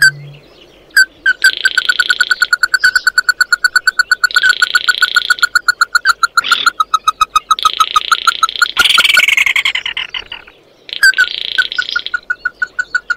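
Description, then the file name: Bird calling in long, fast runs of short repeated notes, interrupted by harsh buzzy rasps and a brief noisy burst. "Tieng chim mat do"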